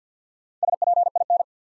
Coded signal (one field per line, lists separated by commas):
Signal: Morse code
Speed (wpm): 50 wpm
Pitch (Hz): 700 Hz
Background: none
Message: SPIN